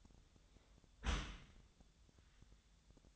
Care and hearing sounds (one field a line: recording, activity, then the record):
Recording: daily activity, microphone in the room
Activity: close dishwasher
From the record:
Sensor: 3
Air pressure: 1004.6 hPa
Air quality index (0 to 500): 103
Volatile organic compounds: 4 ppm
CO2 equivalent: 1616 ppm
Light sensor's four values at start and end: 7/17/7/6 and 7/17/7/6